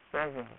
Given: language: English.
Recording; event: throat vibration sensor signal played as sound; speech